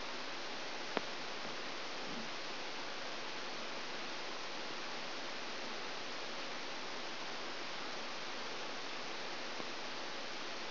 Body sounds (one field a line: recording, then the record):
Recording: brain microelectrode recording played as sound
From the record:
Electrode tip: outside the subthalamic nucleus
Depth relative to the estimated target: -8 mm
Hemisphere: left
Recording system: AlphaMap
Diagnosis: Parkinson's disease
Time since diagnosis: 20 years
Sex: female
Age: 65 years